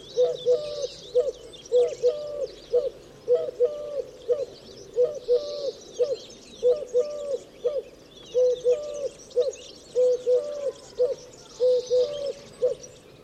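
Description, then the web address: Bird giving low hooting or cooing notes in short repeated phrases, with faint higher chirps in the background. "Deverinetal 2025 File origin Bird Only"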